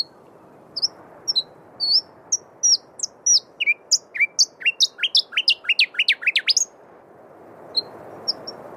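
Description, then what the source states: Noisy Scrub-bird song: loud, sharp chirping notes that start spaced, then speed up into a dense burst of ringing chips before a few final scattered notes. Rare bird rediscovered in the 1960s in Western Australia, essentially flightless, more likely heard than seen; song described as ear-splitting; played from an album of threatened Australian bird calls.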